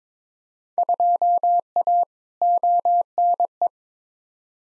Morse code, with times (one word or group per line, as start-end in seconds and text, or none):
0.8-2.0 2A
2.4-3.7 ONE